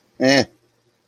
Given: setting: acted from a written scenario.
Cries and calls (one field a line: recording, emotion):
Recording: vocal sound without words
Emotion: contempt